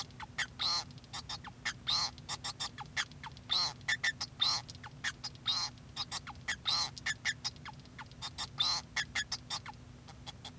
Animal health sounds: song of a male Bengalese finch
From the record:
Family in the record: son of father 2

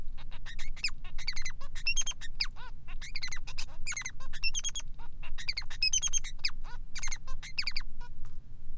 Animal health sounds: song of a male Bengalese finch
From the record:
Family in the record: son of father 3

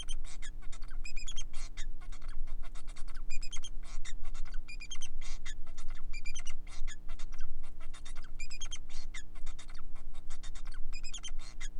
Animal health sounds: song of a male Bengalese finch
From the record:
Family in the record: son of father 4

